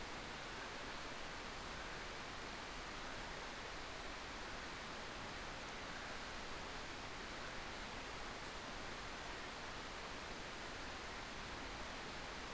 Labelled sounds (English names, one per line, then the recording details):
North Island Brown Kiwi female call
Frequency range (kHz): North Island Brown Kiwi 0.5-7.4 kHz
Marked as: faintness 5/5
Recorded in New Zealand on 13 December 2015
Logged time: 21:44
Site CL72